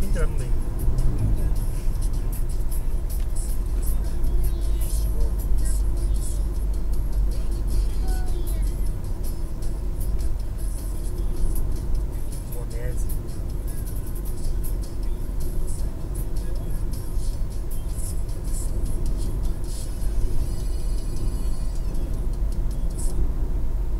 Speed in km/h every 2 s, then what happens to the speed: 77, 74, 71, 68, 67, 65, 65, 65, 67, 68, 70, 72.
0-10 slows to 65. 10-24 speeds up to 72.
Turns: none.